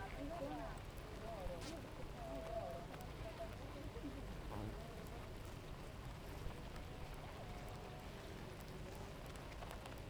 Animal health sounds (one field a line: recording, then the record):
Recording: honeybee colony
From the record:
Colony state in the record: active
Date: 28 July 2017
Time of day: 7:37